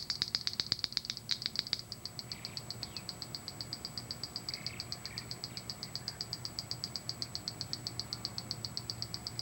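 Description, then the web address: Wren-like Rushbird giving an unbroken chain of rapid, high, dry ticking notes, with a few loud clicks at the start, faint calls of other birds and a low hum behind. "cantos junquero"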